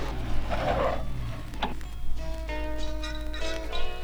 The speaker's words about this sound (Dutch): Papa, kijk, daar komt een auto.